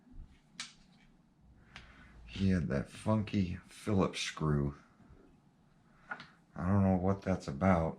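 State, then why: Seated. A plastic RC car part is pushed into its mount on the chassis during a chassis swap on an Arrma Limitless rebuild after a speed crash, and it snaps into place with a sharp click at 0.6 s. A couple of small ticks follow before someone talks for the rest of the clip.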